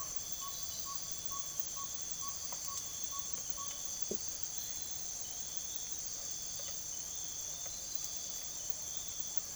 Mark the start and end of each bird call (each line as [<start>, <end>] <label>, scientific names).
[0.00, 3.87] Glaucidium brasilianum